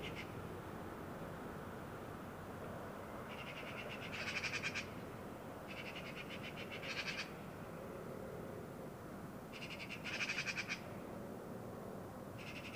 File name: Pica pica